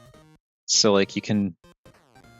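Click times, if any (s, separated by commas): none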